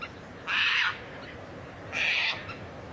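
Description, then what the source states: Caspian tern calls: two short, harsh, rasping screeches about a second and a half apart over a steady background hiss. Recorded in Ostrobothnia, Finland, around 16:45; two short scratchy screeches before the bird left; red-listed species.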